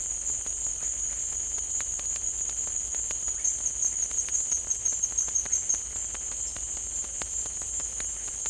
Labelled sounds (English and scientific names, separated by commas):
none